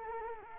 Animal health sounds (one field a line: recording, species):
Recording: mosquito wingbeat signal from an infrared sensor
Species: Culex quinquefasciatus